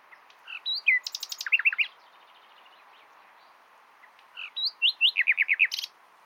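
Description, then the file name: Common nightingale song: two phrases of quick, loud repeated chirping notes with a quiet gap between them. "Luscinia megarhynchos"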